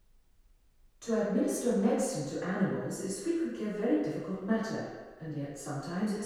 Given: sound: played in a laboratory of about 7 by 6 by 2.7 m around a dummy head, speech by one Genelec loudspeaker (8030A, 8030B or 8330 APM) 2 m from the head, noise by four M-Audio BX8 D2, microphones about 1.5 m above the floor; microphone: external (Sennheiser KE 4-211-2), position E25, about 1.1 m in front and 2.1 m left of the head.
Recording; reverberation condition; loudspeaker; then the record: female speech in English; high; 150 degrees to the left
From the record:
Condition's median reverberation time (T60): about 1300 ms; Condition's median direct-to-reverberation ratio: about -4.0 dB